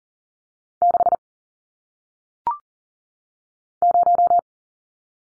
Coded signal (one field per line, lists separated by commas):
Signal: Morse code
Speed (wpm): 42 wpm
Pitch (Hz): 700 Hz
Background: none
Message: 6 0